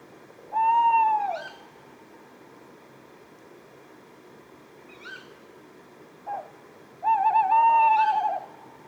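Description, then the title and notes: Tawny owl hooting: a long steady note, scattered brief ke-wick calls, then a long wavering, tremulous hoot closing the sequence. Pair calling at 4:30 am on 20 February 2020 at Etang de Beaumont, Drôme; recorded with a Nagra Seven and Telinga Pro7 stereo parabola. "20 février 2020-4h30-Etang de Beaumont - Drôme. un couple de Chouette hulotte (Strix aluco)"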